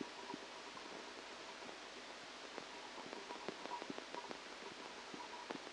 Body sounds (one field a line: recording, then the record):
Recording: brain microelectrode recording played as sound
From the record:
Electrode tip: outside the subthalamic nucleus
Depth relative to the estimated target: -10 mm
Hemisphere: left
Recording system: NeuroSet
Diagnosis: Parkinson's disease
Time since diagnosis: 8 years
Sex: male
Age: 37 years